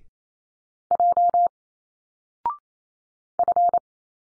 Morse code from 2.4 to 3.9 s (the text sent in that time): F